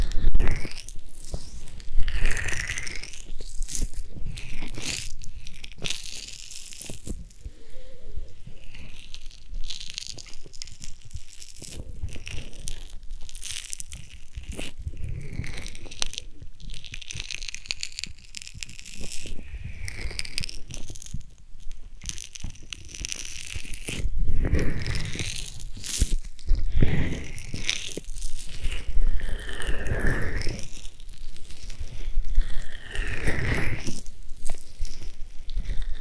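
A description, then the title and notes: An ASMR ear massage: continuous rubbing and crinkling with no pauses, dense and scratchy throughout. Brighter swishing strokes rise and fall every few seconds, over soft low thumps, with louder pressing passes near 25 and 33 seconds. ASMR Ear Massage.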